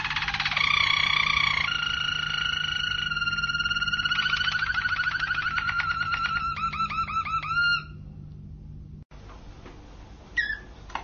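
Domestic canary song: long sustained rolling tours, shifting into a series of rapid slurred trill notes, then a pause and a brief final phrase.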